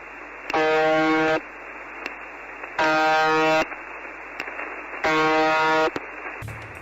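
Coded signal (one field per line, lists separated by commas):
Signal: numbers station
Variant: UVB-76 (The Buzzer)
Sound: three harsh, low, roughly one-second buzzes about two seconds apart, with hiss between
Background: radio static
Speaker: something called the buzzer can be heard from Moscow Russia it's a constant buzzing which changes pitch twenty five times a day all day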